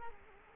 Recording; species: mosquito wingbeat signal from an infrared sensor; Culex quinquefasciatus